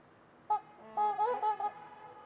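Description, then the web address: Trumpeter swans giving a short run of nasal, bugling honks, one note then a quick cluster. Trumpeter swans at Winters Lake on a winter's eve in a deep, quiet valley; by Nick McMahan. "Trumpeter Swans on a Winter's Eve. Nick-Mc Mahan Winters-Lake-with-Swan. Wind Is the Original Radio"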